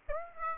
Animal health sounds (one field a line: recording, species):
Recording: mosquito wingbeat signal from an infrared sensor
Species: Aedes aegypti